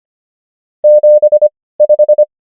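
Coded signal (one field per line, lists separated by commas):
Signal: Morse code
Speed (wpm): 25 wpm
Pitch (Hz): 600 Hz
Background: none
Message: 75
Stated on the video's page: Morse code number practice, 25 wpm character speed with 17 wpm word speed (Farnsworth spacing).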